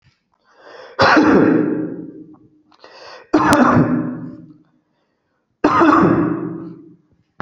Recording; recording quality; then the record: heavy voluntary cough; excellent, no background noise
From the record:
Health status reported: respiratory illness, not identified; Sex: male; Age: 34 years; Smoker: yes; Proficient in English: yes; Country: India